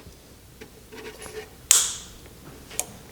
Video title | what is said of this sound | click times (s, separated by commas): How To Change An EGR Valve In 3.4L V6 GM | you hear it snap into place, this project is complete. | 1.7 s